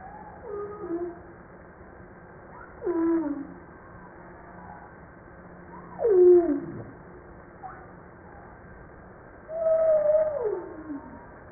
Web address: humpback